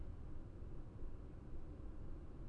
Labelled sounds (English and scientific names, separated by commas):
none